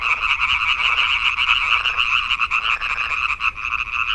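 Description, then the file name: European tree frog calling in quick, rasping pulses, rolling on steadily throughout with slight swells and fades in loudness. "Hyla arborea"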